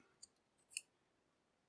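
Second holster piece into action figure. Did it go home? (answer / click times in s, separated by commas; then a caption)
yes / 0.8 s. The second plastic holster part of a MAFEX RoboCop action figure is fitted onto the figure, with a faint tick at 0.2 s. A sharp plastic click follows at 0.8 s as it plugs in and seats, fitting together easily.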